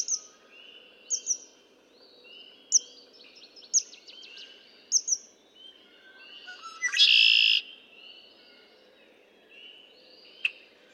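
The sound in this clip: Red-winged blackbird song: a series of sharp chip and clicking notes, then a strong harsh buzzing trill lasting nearly a second, with soft whistling behind.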